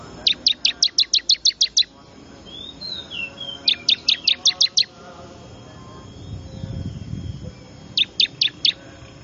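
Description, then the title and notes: Bar-winged prinia delivering three rapid series of piercing chip notes, up to nine in a row, separated by pauses with soft whistles. Lure call to attract wild small birds, described as noisy; prinia known locally as ciblek, in Indonesian. "Suara Pikat Burcil Ribut Ngabisin Burung Liar Ini. ciblek"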